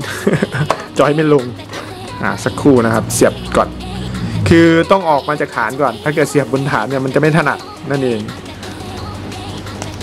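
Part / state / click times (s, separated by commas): swappable plastic hand onto action figure wrist peg / seated / 9.8 s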